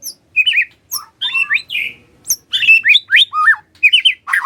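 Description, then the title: White-rumped shama singing a rapid run of varied whistles, slurred upward and downward notes mixed with sharp chips, almost continuous throughout. White-rumped shama whistling used as a lure to make lazy birds start singing. "PANCINGAN MURAI BATU. SIULAN MURAI BATU❗ PANCINGAN MURAI MALAS AGAR BUNYI❗❗"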